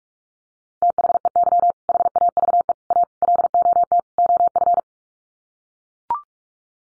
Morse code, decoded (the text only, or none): THEY HAVE A LOT OF